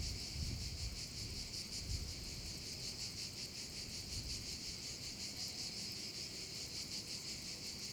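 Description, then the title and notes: Cicadas in chorus, a dense continuous high buzz with steady rapid pulsing, with low rumbling noise underneath, stronger in the first two seconds. Several cicadas over the Vallo di Diano valley, Geoparco Padula, Italy; recorded with a Zoom H6 and MS capsule. "Geoparco Padula - Cicale sulla valle del Diano. Registrato con Zoom H6 e capsula MS"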